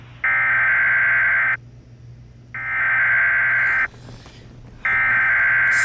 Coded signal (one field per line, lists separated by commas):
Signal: Emergency Alert System (SAME) tones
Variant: header bursts